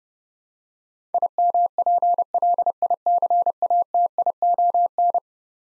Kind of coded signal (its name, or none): Morse code